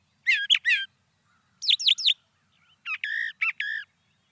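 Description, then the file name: Brown thrasher song: three phrases of repeated notes, first warbled, then downslurred whistles, then rich buzzy chirps. "suara-kicauan-brown-thrasher 2-omkicau"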